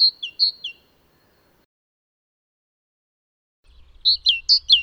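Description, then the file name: Great tit song: brief two-note phrases at the start, then a long silence before another quick run of paired high and lower notes, with a faint low rumble. "Mesange charbonniere chants"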